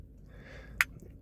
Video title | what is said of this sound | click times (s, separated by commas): Day 6 - Ford Edge Key Programming Disaster - Parasitic Drain Nightmare - The Boomer Locksmith | There we go. I heard a nice little click. See, it's opened up now. | 0.8 s